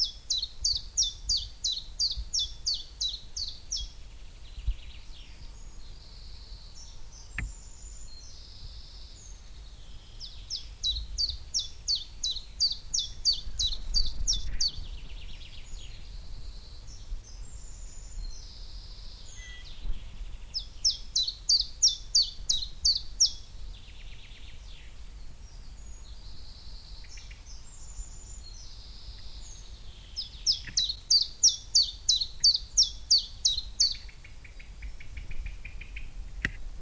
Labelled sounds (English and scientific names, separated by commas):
Common Chiffchaff (Phylloscopus collybita)